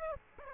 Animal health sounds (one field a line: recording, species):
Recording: mosquito wingbeat signal from an infrared sensor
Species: Aedes aegypti